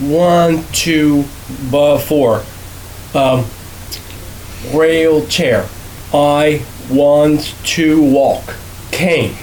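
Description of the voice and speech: An adult man who survived a stroke or traumatic brain injury speaks in halting, telegraphic single words and short phrases separated by long pauses, with a word error ('rail chair' for wheelchair), typical of non-fluent aphasia.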